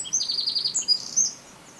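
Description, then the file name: Eurasian wren giving a brief, very high, fast-trilled snatch of song with sharp chirping notes, ending after just over a second. "Troglodytes troglodytes"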